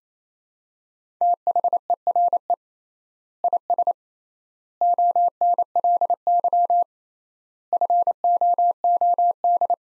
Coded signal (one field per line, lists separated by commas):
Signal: Morse code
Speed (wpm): 28 wpm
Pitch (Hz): 700 Hz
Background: none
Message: THERE IS ONLY FOOD